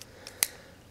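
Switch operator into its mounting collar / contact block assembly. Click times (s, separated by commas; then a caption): 0.4 s. A motor-control pushbutton/selector switch operator is twisted into its mounting collar and contact block assembly. After faint ticks near 0.0 s and 0.3 s, one sharp, bright plastic click sounds at 0.4 s as the operator locks into place. The operator is seated.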